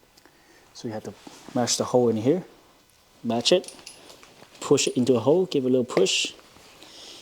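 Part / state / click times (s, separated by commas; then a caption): camping chair frame pole end into plastic socket on the seat fabric / seated / 6.8 s. Someone talks while lining up the hole in the hard plastic corner piece of a Nemo camping chair's mesh seat with the end of the aluminium frame pole and giving it a little push. A short, sharp snap at 6.8 s marks the pole end seating in the socket, pulling the mesh tight against the pole.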